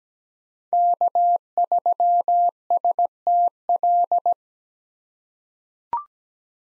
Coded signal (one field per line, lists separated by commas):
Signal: Morse code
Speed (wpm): 17 wpm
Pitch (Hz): 700 Hz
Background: none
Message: K3STL